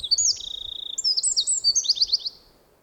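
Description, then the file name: Eurasian wren song fragment: high, piercing notes slurring into quick ringing trills, ending abruptly after about two seconds. "krapivnik"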